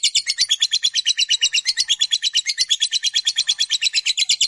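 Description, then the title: Lovebird chattering in a fast, steady run of high buzzy notes without a break. Fighter-type lovebird giving a long chatter, called ngekek panjang. "Suara Lovebird FIGHTER NGEKEK PANJANG"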